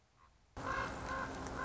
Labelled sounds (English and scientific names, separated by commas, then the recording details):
Common Raven (Corvus corax)
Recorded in Sonoma County, California